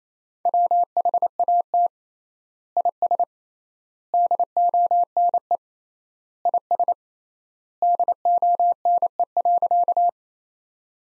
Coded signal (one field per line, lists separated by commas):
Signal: Morse code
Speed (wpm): 28 wpm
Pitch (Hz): 700 Hz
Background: none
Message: WHAT IS DONE IS DONE.